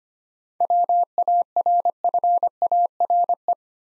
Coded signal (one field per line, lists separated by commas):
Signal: Morse code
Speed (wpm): 25 wpm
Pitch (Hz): 700 Hz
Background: none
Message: WARFARE